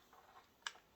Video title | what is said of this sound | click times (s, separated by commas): *NEW* Growing HERBS and VEGETABLES Indoors//AEROGARDEN//HYDROPONICS//AQUAPONICS💧 | except for just that little bit sticking out till it clicks, okay? | 0.7 s